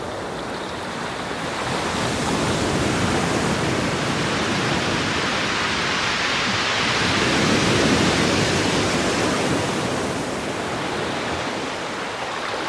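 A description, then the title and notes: Surf on a beach fills the whole clip as a dense, continuous rush with no distinct wave breaks. It swells gently toward the middle, peaking around eight seconds, then eases slightly. The hiss is full and bright, with a rumbling low end underneath. A mosaic of sounds recorded on 100 beaches from around the world.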